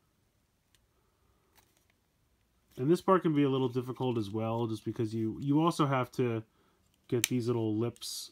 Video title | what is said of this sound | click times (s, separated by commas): Transformers Siege Voyager Class Starscream Review | So you bring that down, and you'll hear it click in. | 0.8 s